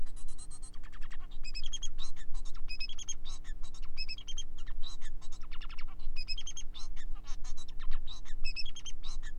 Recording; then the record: song of a male Bengalese finch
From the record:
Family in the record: son of father 4